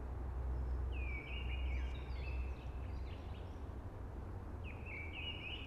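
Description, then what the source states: Blackbird singing a fluty warbled phrase with a higher twittering ending, then another phrase begins, over low rushing noise. Early singing among hushing conifers.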